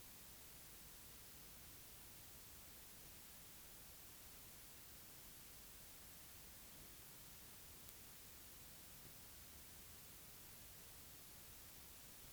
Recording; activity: daily activity, guitar pickup as the sensor; sit